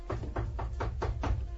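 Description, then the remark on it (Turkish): Someone raps on a wooden door six times in a steady, even rhythm in a radio drama scene, each knock a dull, solid thud over a low background rumble, with no voices. “Aç şu kapıyı Santos.”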